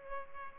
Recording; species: mosquito wingbeat signal from an infrared sensor; Culex pipiens